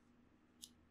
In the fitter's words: snaps back in